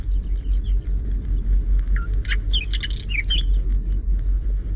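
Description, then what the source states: Whinchat song: a brief phrase of quick, varied chattering and whistled notes, with a constant low rumble underneath. Sings tirelessly from a thistle.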